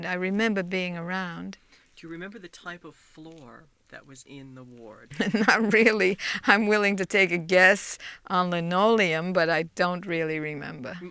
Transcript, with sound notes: I remember being around.
Do you remember the type of floor that was in the ward?
(she laughs) Not really. I'm willing to take a guess, a linoleum, but I don't really remember.